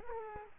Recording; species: mosquito wingbeat signal from an infrared sensor; Aedes aegypti